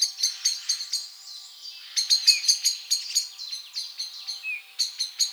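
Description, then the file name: Common blackbird uttering sharp, clicking chink notes in an uneven series, with a couple of faint thin whistles in between. "Turdus merula"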